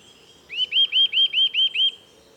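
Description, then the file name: Eurasian nuthatch calling: a quick, even run of seven clear, ringing notes, each rising then falling, over faint background noise. "Sitta europaea"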